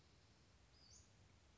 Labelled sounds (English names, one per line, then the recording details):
Western Flycatcher
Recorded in Sonoma County, California